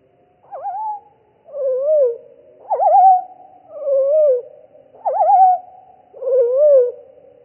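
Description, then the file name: Pied flycatcher song alternating two kinds of phrase, a sharp trilled note and a gently wavering whistle, repeated regularly. Recording apparently slowed down (title: minus three). "GOBEMOUCHE NOIR"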